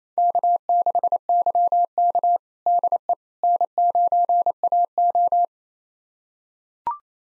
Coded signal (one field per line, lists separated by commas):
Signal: Morse code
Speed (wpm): 27 wpm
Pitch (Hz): 700 Hz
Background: none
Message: K6YK DE N9AO